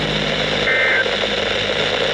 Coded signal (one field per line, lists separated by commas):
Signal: Emergency Alert System (SAME) tones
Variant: end-of-message bursts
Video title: Spring Foolery | EAS Alerts From 3/31-4/2/2024 (EAS #2,443-2,469)